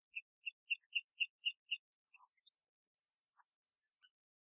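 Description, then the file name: Philippine hanging parrot giving three sharp, high-pitched squeaky bursts after a series of several evenly spaced soft ticking notes. "colasisi"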